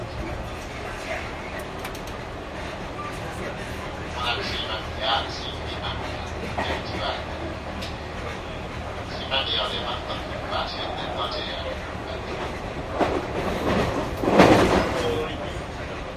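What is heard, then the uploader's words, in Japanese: Riding a JR 221 series train from Nara toward JR Namba: a steady low rumble of the carriage runs throughout, with faint speech scattered over it. Around the middle and near fourteen seconds, louder rattling bursts and squeals rise briefly above the hum. JR221系 奈良→JR難波。関西本線（大和路線）で録音をしました。車体は普通鋼製である。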